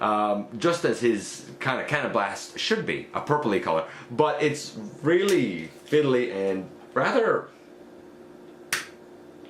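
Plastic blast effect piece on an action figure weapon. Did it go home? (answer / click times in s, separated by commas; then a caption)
yes / 8.7 s. Someone talks, then a translucent purple plastic blast effect piece is pushed onto an action figure's weapon and clicks into place at 8.7 s with a short, sharp snap. The piece seats with a rather strong mechanism.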